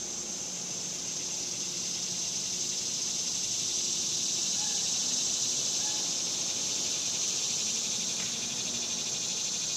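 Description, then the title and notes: Cicadas fill the air with a constant high buzzing drone. Recorded outdoors in summer in the suburbs. "Ext Summer Cicadas, Suburbs"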